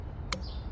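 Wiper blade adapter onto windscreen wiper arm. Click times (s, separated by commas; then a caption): 0.3 s. A new wiper blade's plastic adapter is pushed onto the metal windscreen wiper arm of an Audi A4 (B8 or B9). A single sharp snap is heard at 0.3 s over low background noise as the adapter seats in place.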